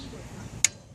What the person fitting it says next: Yeah, you hear that? Once you hear that little click click, that tells you now that you're at your desired torque